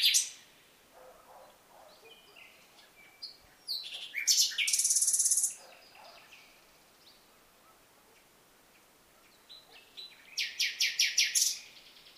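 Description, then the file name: Common nightingale song: varied phrases of whistles, a loud buzzy burst near five seconds, then a rapid run of repeated sharp notes near the end, with pauses between. "Luscinia megarhynchos"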